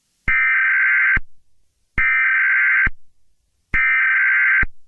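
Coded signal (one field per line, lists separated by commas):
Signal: Emergency Alert System (SAME) tones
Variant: header bursts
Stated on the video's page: Fictional EAS scenario about a purple minion attack, not a real alert.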